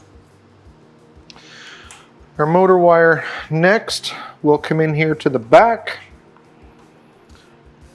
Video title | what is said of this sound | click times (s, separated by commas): Modix Big 40 Unboxing & Build (PART 7) | make sure it clicks | 1.3 s